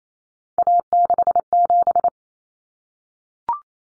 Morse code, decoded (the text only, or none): A67